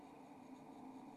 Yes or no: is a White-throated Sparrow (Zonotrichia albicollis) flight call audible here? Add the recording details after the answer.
no. No flight call is heard. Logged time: 22:20 on 27 November 2014